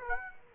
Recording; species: mosquito wingbeat signal from an infrared sensor; Aedes aegypti